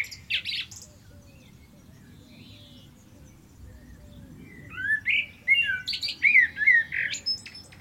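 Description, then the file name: Common blackbird song: a brief high scrap at the start, then after a pause a full phrase of rich whistles ending in shrill squeaky notes. "Turdus merula"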